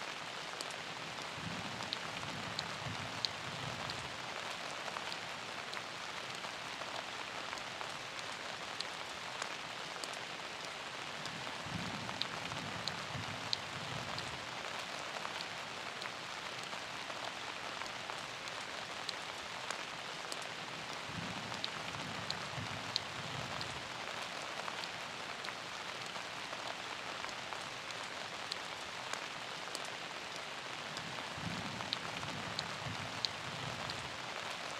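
Steady, dense rain hisses evenly throughout, full, with many small drop ticks in it. Soft low piano tones swell up roughly every ten seconds, each lasting a couple of seconds, sitting quietly beneath the rain.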